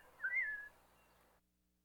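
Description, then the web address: Robin call: a single brief, clear whistled note that rises slightly and then falls, over a faint hiss. "Bird Calls Robin"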